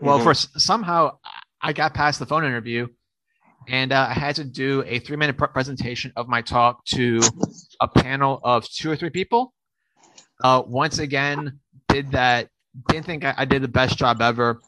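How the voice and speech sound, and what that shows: An adult man from New Orleans who speaks publicly on stuttering tells a story in conversational speech with occasional sound repetitions and prolongations, such as a repeated initial 'p' and a drawn-out 's', plus scattered pauses. These mild disfluencies fit stuttering in an otherwise largely fluent passage.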